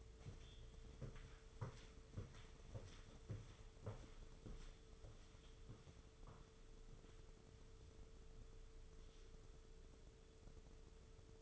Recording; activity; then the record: daily activity, microphone in the room; walk to room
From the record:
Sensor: 4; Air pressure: 995.2 hPa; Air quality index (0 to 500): 201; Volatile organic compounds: 157 ppm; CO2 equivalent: 4054 ppm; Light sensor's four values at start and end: 26/85/31/33 and 26/85/31/32